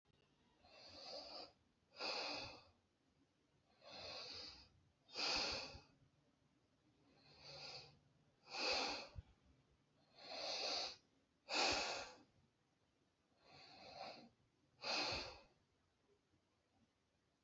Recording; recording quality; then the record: deep breathing; excellent, no background noise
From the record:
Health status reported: healthy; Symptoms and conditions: none ticked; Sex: male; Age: 27 years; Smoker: not ticked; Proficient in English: yes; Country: India